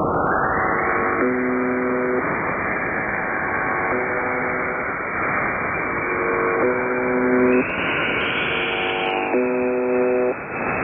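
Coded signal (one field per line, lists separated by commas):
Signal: channel marker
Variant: buzzer type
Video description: could that be the reason that they are now are transmitting on 4810 ? : location is apparently near Changdu in China. it looks stronger also as the old MDZhB (Russian: МДЖБ)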